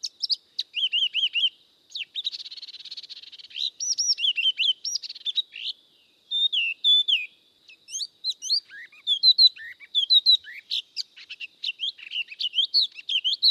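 Spot-throated babbler with high, looping whistles and short chirps, some falling and some rising, in irregular clusters that grow busier toward the end.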